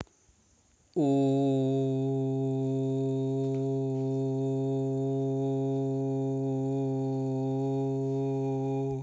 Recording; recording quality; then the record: sustained vowel as in boot; excellent, no background noise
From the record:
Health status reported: healthy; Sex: male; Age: 55 years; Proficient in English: yes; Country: India